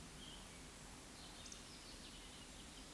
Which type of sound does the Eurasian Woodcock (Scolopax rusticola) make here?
whistle, croak